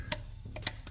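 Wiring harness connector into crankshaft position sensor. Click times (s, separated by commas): 0.7 s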